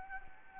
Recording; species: mosquito wingbeat signal from an infrared sensor; Anopheles arabiensis